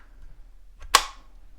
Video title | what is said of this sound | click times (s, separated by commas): Hart Cordless Drill Tutorial Model HPDD02 | we're just going to push it in till we hear a click | 1.0 s